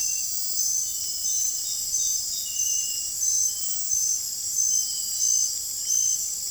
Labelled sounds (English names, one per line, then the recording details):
none
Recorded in dense forest near Puerto Asís, Putumayo, Colombia, on 22 June 2025 at 21:00
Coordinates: 0.503, -76.323
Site G059